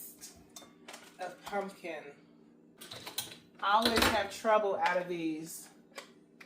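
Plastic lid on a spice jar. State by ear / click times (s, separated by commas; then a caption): not seated / none. Someone handles a plastic flip or snap lid on a spice jar while talking, with light taps and clicks of plastic in the background. The lid is being worked toward closed, but nothing has snapped shut or seated yet.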